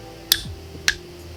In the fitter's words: right at about eight to nine newton meters okay and now listen for the click